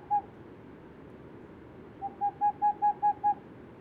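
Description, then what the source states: Boreal owl hooting: a single hoot, a pause, then a quick run of about seven even, mellow hoots rising slightly in loudness, over steady low hiss. Hooting of an unpaired male.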